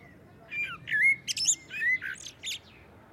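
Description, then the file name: Common blackbird song phrase: mellow whistled notes sliding up and down, broken by sharp high squeaky flourishes. "Turdus merula"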